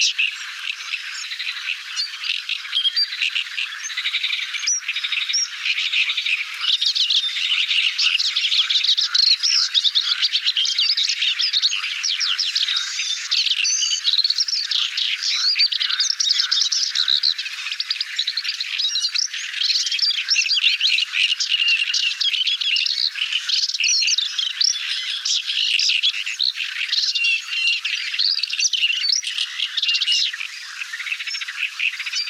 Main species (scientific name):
Acrocephalus agricola